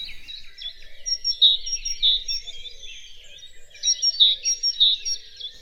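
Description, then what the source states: Great tit song, bright high two-note phrases repeated in a short burst, a pause, then another burst of the same notes. 'Teacher, teacher' song phrase, which great tits always include among their more than 100 different call notes.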